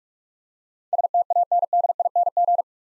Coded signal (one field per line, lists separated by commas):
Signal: Morse code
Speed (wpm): 42 wpm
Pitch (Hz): 700 Hz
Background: none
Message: STANDING